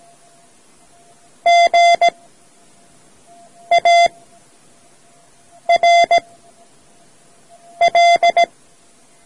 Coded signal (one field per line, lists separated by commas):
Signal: Morse code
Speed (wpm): 17 wpm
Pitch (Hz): 690 Hz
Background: none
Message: G A R L